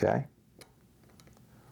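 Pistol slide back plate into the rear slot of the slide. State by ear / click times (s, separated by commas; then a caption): seated / 0.6 s, 1.2 s. Someone talks briefly at the start while the back plate of an IWI Masada pistol slide is slid into its rear slot and pushed up, with the slide held against a table and the firing pin sleeve pushed down by thumb. Sharp clicks sound at 0.6 s and 1.2 s, followed by a few fainter ticks. The back plate clicks into place and is seated so it won't move.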